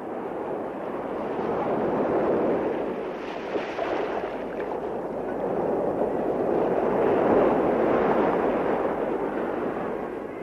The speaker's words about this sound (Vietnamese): Em làm sao vậy? Tự nhiên em thấy rùng mình. À, chắc là vì... gió biển làm em lạnh phải không?